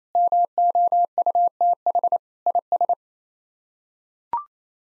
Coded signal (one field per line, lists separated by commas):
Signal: Morse code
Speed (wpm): 28 wpm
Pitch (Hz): 700 Hz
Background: none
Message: MOUTH IS